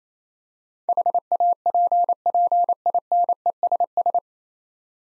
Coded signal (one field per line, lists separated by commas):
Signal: Morse code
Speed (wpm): 28 wpm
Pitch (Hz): 700 Hz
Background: none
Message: HAPPINESS